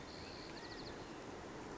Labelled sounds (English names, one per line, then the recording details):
California Quail
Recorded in Sonoma County, California